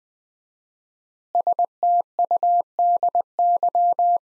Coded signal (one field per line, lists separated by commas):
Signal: Morse code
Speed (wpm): 20 wpm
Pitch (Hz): 700 Hz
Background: none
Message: STUDY